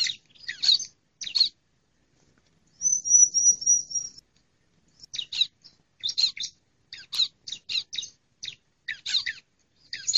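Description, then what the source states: Bar-winged prinia calls: scattered sharp chirps, then a thin, even string of high whistled notes, followed by more irregular scratchy chirps. Female bird.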